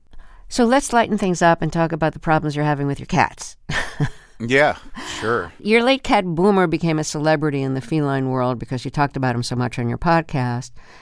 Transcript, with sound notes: So let's lighten things up and talk about the problems you're having with your cats (laughter).
Yeah, sure.
Your late cat Boomer became a celebrity in the feline world because you talked about him so much on your podcast.